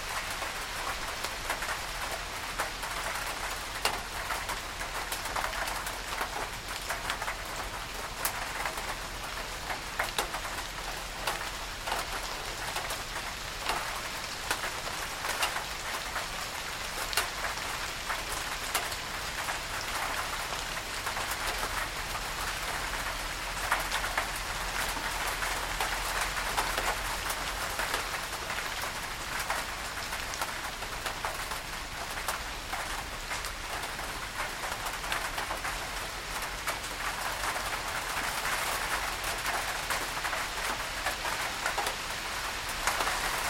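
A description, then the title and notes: Rain patters steadily on a tin roof, a dense, even hiss of countless drops with fine, bright ticks scattered throughout. The level holds nearly constant for the whole stretch, with slight swells around the middle and near the end, and a faint low rumble underneath. Rain on a Tin Roof. Rain patters steadily on the tin roof above you, blocking out all distractions.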